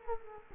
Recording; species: mosquito wingbeat signal from an infrared sensor; Culex quinquefasciatus